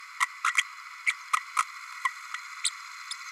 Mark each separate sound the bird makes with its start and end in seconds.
0.20-0.26, 0.44-0.53, 1.06-1.12, 1.33-1.36, 1.58-1.62, 2.05-2.09, 2.64-2.70, 3.11-3.14